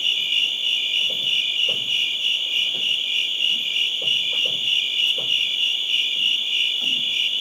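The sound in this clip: Crickets chirping in a steady, dense chorus of high pulsing trills, with faint low thumps scattered underneath.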